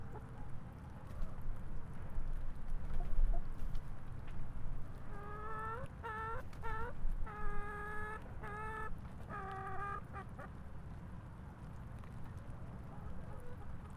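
Chickens with a loud run of repeated harmonic squawks in the middle, quieter clucks before and after, over continuous low rumbling noise.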